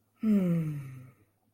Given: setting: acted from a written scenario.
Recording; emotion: vocal sound without words; serenity